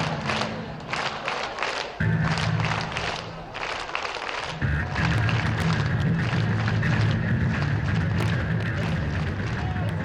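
Shouting crowd at a protest in Belarus, dense overlapping voices with steady low engine-like hum and rhythmic chanting bursts throughout.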